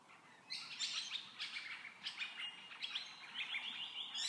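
Birds chirping busily, a dense run of high, quick tweets that overlap and repeat with barely a pause after the first half second.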